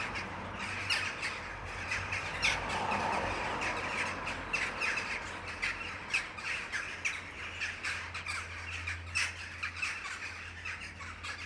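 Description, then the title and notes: Rapid, crowded jackdaw chorus of harsh chack and kya notes, about three a second from many birds, over a steady low hum. Jackdaws giving territorial calls in the afternoon near sunset, a territorial racket. "ｐａｔｚｒ ｒａｄｉｏ ｎｉｎｅｔｙ－ｓｅｖｅｎ－ｂ - untitled [Jackdaws, mainly]. the jackdaws were so good this afternoon. this territorial racket any day i'm around near sunset"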